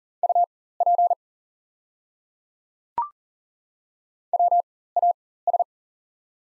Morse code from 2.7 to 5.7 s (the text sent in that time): WAS